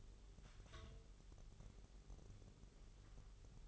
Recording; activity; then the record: daily activity, microphone in the room; take from stove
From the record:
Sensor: 4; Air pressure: 989.1 hPa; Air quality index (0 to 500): 210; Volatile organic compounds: 58 ppm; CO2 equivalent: 3400 ppm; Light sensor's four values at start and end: 29/97/36/38 and 29/98/36/38